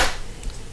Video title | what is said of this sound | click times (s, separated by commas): How To Install Yakima Roof Racks On A 2019 Hyundai Santa Fe | it snaps right in okay alright so this part is all done next | 0.4 s